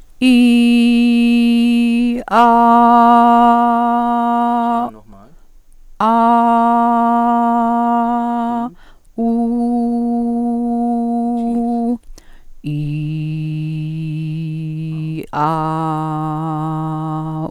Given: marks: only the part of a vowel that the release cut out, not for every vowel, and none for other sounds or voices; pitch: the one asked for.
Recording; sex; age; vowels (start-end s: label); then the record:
sustained vowels; female; 60 to 69 years
0.36-1.77 s: vowel /i/, high pitch
6.11-7.43 s: vowel /a/, high pitch
9.66-11.29 s: vowel /u/, high pitch
13.13-14.79 s: vowel /i/, low pitch
15.60-17.16 s: vowel /a/, low pitch
From the record:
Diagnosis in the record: healthy voice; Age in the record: 65 years